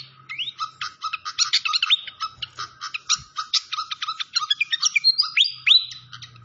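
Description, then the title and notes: Malaysian pied fantail song: a rapid run of bright, sharp chirps and rising whistled notes, tumbling on for several seconds, with a faint low hum beneath. Masteran training recording of clear-voiced song combined with the sound of gurgling flowing water. "Masteran Sikatan Kipas Suara Jernih Dan Suara Gemericik Air. Suara Burung Sikatan Londo"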